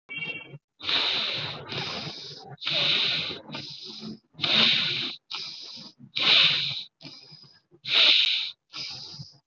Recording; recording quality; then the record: deep breathing; excellent, no background noise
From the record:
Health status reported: healthy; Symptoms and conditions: none ticked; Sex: male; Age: 20 years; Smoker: not ticked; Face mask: not worn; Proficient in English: yes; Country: India